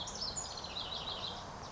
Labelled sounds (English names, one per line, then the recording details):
House Wren
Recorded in Sonoma County, California